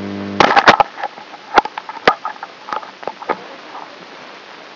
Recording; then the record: brain microelectrode recording played as sound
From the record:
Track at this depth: inside the subthalamic nucleus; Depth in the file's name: 2.921 mm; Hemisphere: right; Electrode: 3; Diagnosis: Parkinson's disease